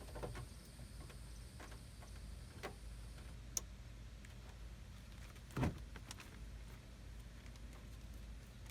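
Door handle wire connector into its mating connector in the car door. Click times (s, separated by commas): 3.6 s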